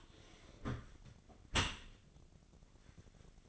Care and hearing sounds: daily activity, microphone in the room; close dishwasher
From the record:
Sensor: 4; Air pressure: 1013.2 hPa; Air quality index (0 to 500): 178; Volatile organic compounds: 2 ppm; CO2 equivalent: 1118 ppm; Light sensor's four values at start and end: 86/212/89/91 and 86/214/89/92

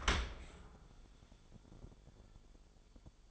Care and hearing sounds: daily activity, microphone in the room; open dishwasher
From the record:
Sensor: 5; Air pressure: 1015.0 hPa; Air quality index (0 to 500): 169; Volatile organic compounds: 5 ppm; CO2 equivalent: 1831 ppm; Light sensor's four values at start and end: 38/90/37/40 and 38/90/37/40

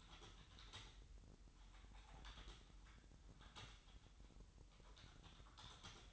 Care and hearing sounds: daily activity, microphone in the room; typing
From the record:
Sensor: 3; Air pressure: 988.8 hPa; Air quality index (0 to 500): 205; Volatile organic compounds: 442 ppm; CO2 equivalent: 4738 ppm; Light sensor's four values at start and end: 25/81/33/29 and 25/81/33/30

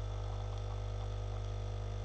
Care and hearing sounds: daily activity, microphone in the room; make coffee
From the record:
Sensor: 4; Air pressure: 991.6 hPa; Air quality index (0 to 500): 131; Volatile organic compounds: 43 ppm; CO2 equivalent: 3200 ppm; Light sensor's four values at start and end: 17/55/21/20 and 17/55/21/20

